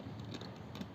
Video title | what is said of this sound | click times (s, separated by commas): How to use suitcase number lock system💯 -suitcase lock திறப்பது எப்படி? -Harish kumar-HK-Tamil | இருக்கிறத close பண்ணிவிட்டு லாக் பண்ணிட்டேன். | 0.3 s, 0.4 s, 0.8 s